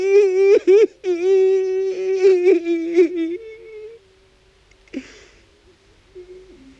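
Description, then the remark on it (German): A man weeps in a long, loud, quavering wail that holds a steady high pitch for several seconds, then breaks into fainter, shaky sobbing moans. “Der Atem wird schneller, aus dem Mund kommt ihm ein langer Klageweibton.”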